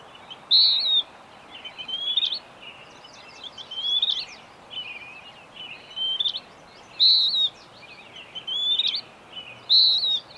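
Bird singing bright, high whistled phrases in a regular alternation of loud and softer notes, with faint chirps scattered between and a continuous hissing background.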